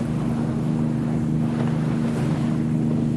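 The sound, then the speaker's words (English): A motorboat engine drones at a steady low pitch as the boat approaches on the water, its hum running unbroken beneath a constant wash of splashing water and wind rush, with no voices. “Hey, is your boat coming up on the right there?”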